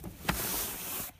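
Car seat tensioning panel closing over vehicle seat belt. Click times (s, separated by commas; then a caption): 0.3 s. A Britax harness-to-booster car seat's belt-tensioning panel is pressed down over the vehicle seat belt, which has been routed across and buckled. The panel gives one sharp click at 0.3 s, followed by a steady broadband hiss that fades out around 1.1 s. The panel clicks shut, locking the installation in place.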